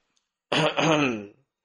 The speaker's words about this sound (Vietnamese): Triệu Địa ho khan một tiếng, nói.